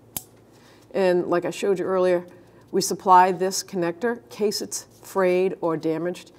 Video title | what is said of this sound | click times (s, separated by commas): How to Replace Side Fuel Pump Module Assembly 1992-1996 Ford F-150 | up those tabs and push it into the clicks | 0.2 s